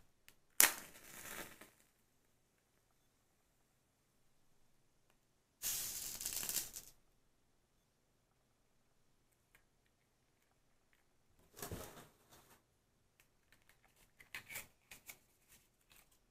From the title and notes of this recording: Match Lighting Extinguishing. Fire Crackling. Tapping. Candles.